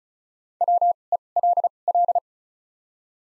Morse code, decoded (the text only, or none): WELL